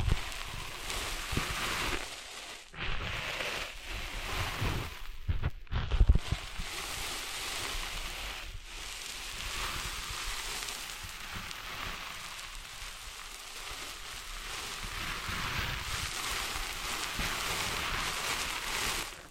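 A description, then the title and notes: Sand being cleaned out of ears makes a dense, steady scratching and rustling hiss, crackly like rain on a surface. The scraping breaks off briefly near 3, 5.5 and 8.5 seconds, with a sharp knock around 6 seconds, then continues evenly to the end. ASMR Cleaning Sand Out of Your Ears (No Talking).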